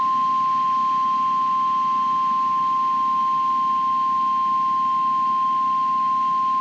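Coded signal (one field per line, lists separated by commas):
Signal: Emergency Alert System (SAME) tones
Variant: 1050 Hz attention tone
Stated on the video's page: Flash flood warning SAME tones from a NOAA Weather Radio station, triggered by radar-indicated thunderstorms with heavy rain.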